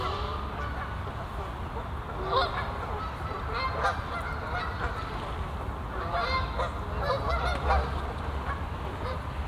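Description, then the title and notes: Goose: geese honking in scattered bursts of nasal, harsh calls against a steady low rumble. Geese on the pond of Bouchout castle, Meise botanical garden, Belgium; binaural recording. "Plantentuin, Meise, Belgique - Oies - Geese. Meise, jardin botanique. Des oies sur l'étang du chateau de Bouchout. Meise botanical garden. Geese on the pond of the castle Bouchout"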